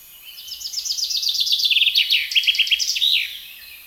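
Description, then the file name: Common chaffinch singing one full phrase, a rapid series of sharp notes stepping down in pitch and speeding into a rattling end flourish. "Fringilla coelebs"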